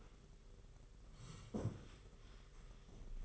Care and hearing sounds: daily activity, microphone in the room; sit down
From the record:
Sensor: 4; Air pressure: 991.2 hPa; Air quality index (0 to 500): 136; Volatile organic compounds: 52 ppm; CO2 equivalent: 3326 ppm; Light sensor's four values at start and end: 25/81/30/31 and 25/81/30/31

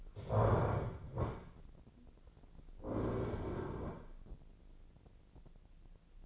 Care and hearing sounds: daily activity, microphone in the room; stand up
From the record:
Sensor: 5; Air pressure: 1009.3 hPa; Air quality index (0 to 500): 155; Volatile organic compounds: 2 ppm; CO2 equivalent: 1192 ppm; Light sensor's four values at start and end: 264/635/269/293 and 266/639/270/294

